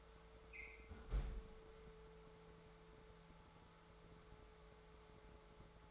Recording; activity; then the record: daily activity, microphone in the room; close fridge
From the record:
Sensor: 3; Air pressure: 1014.8 hPa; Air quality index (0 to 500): 198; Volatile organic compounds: 27 ppm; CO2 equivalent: 2896 ppm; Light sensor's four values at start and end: 11/28/11/12 and 11/27/11/11